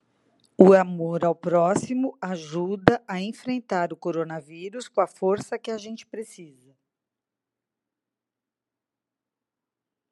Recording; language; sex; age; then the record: spoken sentence; Brazilian Portuguese; female; 50 to 59 years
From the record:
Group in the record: control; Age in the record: 59 years